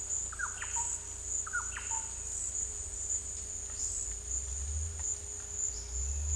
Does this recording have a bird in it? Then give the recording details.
yes. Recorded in dense forest near Puerto Asís, Putumayo, Colombia, on 18 December 2024 at 13:00. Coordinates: 0.484, -76.317. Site G026